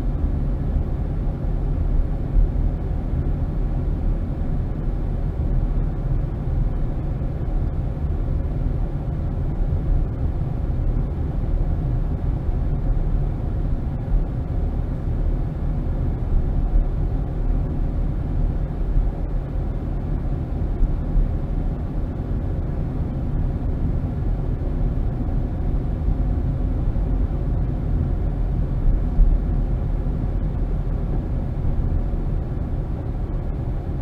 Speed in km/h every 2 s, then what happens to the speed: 24, 23, 23, 23, 21, 21, 23, 23, 23, 24, 26, 27, 29, 27, 26, 21, 16.
25-34 slows to 16.